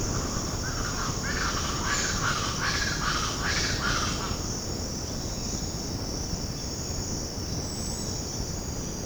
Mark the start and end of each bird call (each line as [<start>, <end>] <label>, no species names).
[0.75, 4.16] bird call